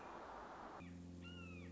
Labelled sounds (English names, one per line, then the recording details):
Red-shouldered Hawk
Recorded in Sonoma County, California